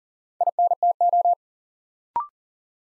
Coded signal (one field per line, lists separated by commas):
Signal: Morse code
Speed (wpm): 38 wpm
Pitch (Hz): 700 Hz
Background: none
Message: INTO